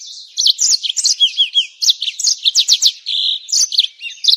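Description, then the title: Bird song with varied rapid phrases: sweeping whistles, quick trills and a short steady note near the end. Masteran: training songs for cage birds. "Masteran Burung"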